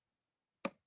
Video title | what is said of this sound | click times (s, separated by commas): ☀️ Sunjoe cordless sprayer for rinse-less wash!🧽 test and review ✨ | Yeah, now it's really in. So, that second click | 0.7 s